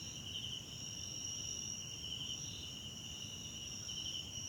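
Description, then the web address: Crickets trilling in a steady, continuous high-pitched chorus, with two layered bands of sound and faint pulsing swells throughout. Background crickets at night in a wetland park at Kosi Forest Lodge, South Africa. "Tonschliff - SOUTH AFRICAN CRICKETS BG South Africa Wetland Park Kosi Forest Lodge Night"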